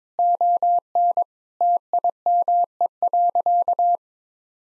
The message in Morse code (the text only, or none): ON TIME.